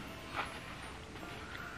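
A snap clasp on a small fabric gift pouch holding a jewelry charm is handled as it is closed. Background music plays throughout. The clip ends before the clasp goes home, so nothing has clicked or seated yet.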